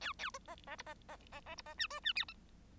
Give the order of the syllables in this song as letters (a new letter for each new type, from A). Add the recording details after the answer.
A A B B C B B B B C B D E D F G. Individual Bird1